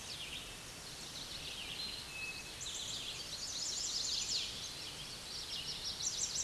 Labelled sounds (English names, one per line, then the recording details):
Eastern Towhee song
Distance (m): 15 m
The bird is about 5 m above the microphone
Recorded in a Pennsylvania forest on 16 May 2024 at 06:45
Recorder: AudioMoth, point MSD-2181
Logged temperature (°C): 12.8 °C
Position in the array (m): 160 m, 98 m